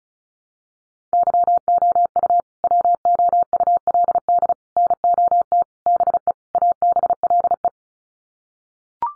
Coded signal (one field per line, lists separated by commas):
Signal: Morse code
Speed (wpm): 34 wpm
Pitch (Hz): 700 Hz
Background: none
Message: YOU WOULD NOT BE ABLE